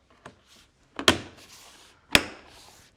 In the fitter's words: so it just holds snaps right in place